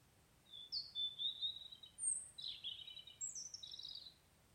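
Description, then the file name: European robin song: one continuous high, liquid warbling phrase of thin whistles and rapid twittering notes. "Erithacus rubecula"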